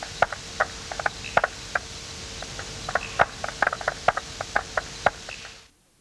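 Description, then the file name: Striped marsh frog calls, short sharp popping tok notes at irregular intervals, several close together, over a steady low hum and hiss that cuts off at the end. "Limnodynastes peronii"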